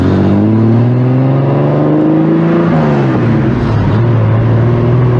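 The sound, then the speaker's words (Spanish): A car engine purrs steadily, its low harmonic hum rising in pitch as it revs, dipping briefly, then settling back into a smooth idle-like drone. Loud and continuous, with no talking. “Ahí está el ronroneo, ¿eh?”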